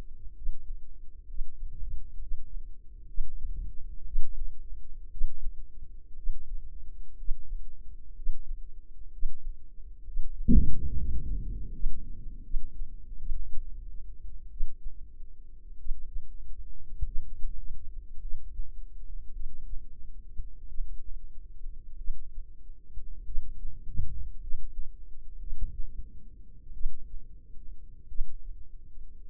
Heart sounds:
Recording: heart sounds by microphone in the left ear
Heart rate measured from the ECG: 56 bpm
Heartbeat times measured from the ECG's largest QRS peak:
0.32 s: heartbeat
1.24 s: heartbeat
2.16 s: heartbeat
3.06 s: heartbeat
4.03 s: heartbeat
5.08 s: heartbeat
6.13 s: heartbeat
7.14 s: heartbeat
8.12 s: heartbeat
9.09 s: heartbeat
10.02 s: heartbeat
10.92 s: heartbeat
11.71 s: heartbeat
12.42 s: heartbeat
13.17 s: heartbeat
14.49 s: heartbeat
15.77 s: heartbeat
17.04 s: heartbeat
18.19 s: heartbeat
19.32 s: heartbeat
20.67 s: heartbeat
21.96 s: heartbeat
23.24 s: heartbeat
24.39 s: heartbeat
25.38 s: heartbeat
26.72 s: heartbeat
28.07 s: heartbeat
From the record:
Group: healthy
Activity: breath hold 0-13 s, rest 13-29 s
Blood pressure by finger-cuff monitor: 99/60 mmHg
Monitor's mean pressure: 71 mmHg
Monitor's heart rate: 54 bpm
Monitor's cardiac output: 4.4 L/min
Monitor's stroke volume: 80 mL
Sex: female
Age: 36 years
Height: 163 cm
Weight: 88 kg

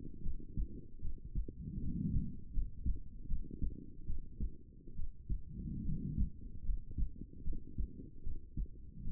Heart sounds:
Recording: heart sounds by stethoscope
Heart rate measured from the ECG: 75 bpm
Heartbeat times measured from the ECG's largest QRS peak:
0.21 s: heartbeat
1.00 s: heartbeat
1.79 s: heartbeat
2.52 s: heartbeat
3.27 s: heartbeat
4.05 s: heartbeat
4.94 s: heartbeat
5.83 s: heartbeat
6.63 s: heartbeat
7.43 s: heartbeat
8.22 s: heartbeat
9.02 s: heartbeat
From the record:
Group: healthy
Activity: rest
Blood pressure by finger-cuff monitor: 116/67 mmHg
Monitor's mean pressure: 84 mmHg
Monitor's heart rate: 76 bpm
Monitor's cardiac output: 7.1 L/min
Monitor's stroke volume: 94 mL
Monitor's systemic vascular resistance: 840 dyn s/cm5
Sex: female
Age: 23 years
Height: 160 cm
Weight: 50.4 kg

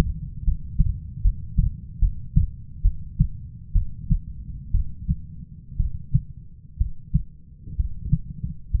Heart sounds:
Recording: heart sounds by stethoscope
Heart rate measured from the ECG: 65 bpm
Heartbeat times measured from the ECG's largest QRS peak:
0.44 s: heartbeat
1.22 s: heartbeat
1.99 s: heartbeat
2.82 s: heartbeat
3.73 s: heartbeat
4.72 s: heartbeat
5.77 s: heartbeat
6.78 s: heartbeat
7.77 s: heartbeat
8.71 s: heartbeat
From the record:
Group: healthy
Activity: rest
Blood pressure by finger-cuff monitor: 142/68 mmHg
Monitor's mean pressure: 92 mmHg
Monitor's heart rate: 67 bpm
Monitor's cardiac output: 6.2 L/min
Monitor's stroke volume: 93 mL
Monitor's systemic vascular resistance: 1060 dyn s/cm5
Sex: female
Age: 37 years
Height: 168 cm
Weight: 70 kg

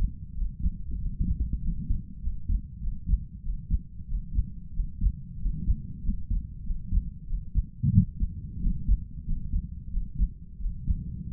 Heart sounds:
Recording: heart sounds by stethoscope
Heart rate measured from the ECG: 93 bpm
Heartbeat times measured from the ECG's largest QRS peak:
0.33 s: heartbeat
0.97 s: heartbeat
1.60 s: heartbeat
2.19 s: heartbeat
2.79 s: heartbeat
3.41 s: heartbeat
4.06 s: heartbeat
4.72 s: heartbeat
5.37 s: heartbeat
6.01 s: heartbeat
6.62 s: heartbeat
7.25 s: heartbeat
7.90 s: heartbeat
8.59 s: heartbeat
9.23 s: heartbeat
9.88 s: heartbeat
10.57 s: heartbeat
11.29 s: heartbeat
From the record:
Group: healthy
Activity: rest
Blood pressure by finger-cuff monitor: 97/61 mmHg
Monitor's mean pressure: 72 mmHg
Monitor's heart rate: 92 bpm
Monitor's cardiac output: 6 L/min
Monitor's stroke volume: 64 mL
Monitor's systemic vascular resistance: 830 dyn s/cm5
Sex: male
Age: 22 years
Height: 181 cm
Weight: 60 kg

